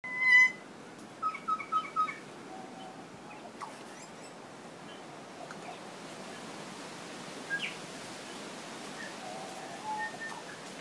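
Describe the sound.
Kokako song: a loud ringing note, then a quick run of four short even notes, followed by sparse, softer notes over steady background hiss.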